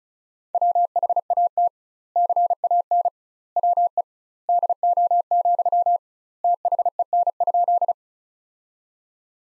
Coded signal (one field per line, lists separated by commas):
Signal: Morse code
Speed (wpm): 36 wpm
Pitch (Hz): 700 Hz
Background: none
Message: WHAT CAN WE DO, THEN?